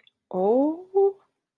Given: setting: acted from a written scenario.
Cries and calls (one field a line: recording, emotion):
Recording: vocal sound without words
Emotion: realization